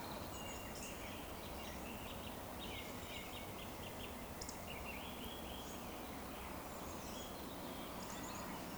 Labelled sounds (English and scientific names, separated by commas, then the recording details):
Eurasian Woodcock (Scolopax rusticola)
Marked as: woodcock, woodcock, woodcock
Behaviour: display flight
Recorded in Baden-Württemberg, Germany, on 16 June 2020 at 19:57 UTC
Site 14569, 102 m above sea level